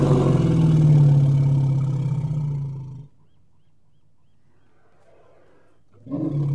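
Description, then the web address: Elephant rumble: a deep, droning, tonal rumble for about three seconds, then near silence before another loud rumble begins. "animal sounds elephant"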